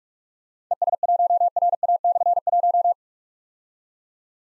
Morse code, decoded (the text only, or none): ES1RA/1